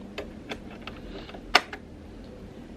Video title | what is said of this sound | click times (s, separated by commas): VLOG- Facebook Groups Aren't For Me 😭 | basically it was y'all heard the click | 1.6 s